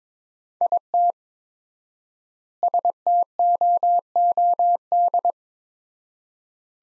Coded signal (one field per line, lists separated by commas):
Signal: Morse code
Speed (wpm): 22 wpm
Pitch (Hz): 700 Hz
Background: none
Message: IT STOOD